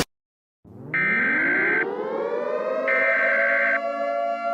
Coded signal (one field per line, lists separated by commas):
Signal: Emergency Alert System (SAME) tones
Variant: header bursts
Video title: (EAS Scenario #1) 2 hours until ULTIMATE fate.